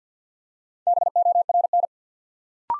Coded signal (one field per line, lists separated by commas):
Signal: Morse code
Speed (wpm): 48 wpm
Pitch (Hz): 700 Hz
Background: none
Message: BORN